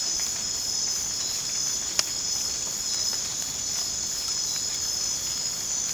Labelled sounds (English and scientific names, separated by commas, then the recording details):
none
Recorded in dense forest near Puerto Asís, Putumayo, Colombia, on 25 June 2025 at 00:00
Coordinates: 0.486, -76.317
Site G065